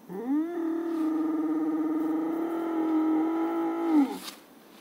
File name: iberian lynx